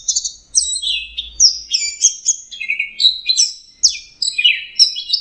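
Orange-headed thrush singing fast, jumbled high phrases, slurred whistles and chattering notes following each other with brief pauses.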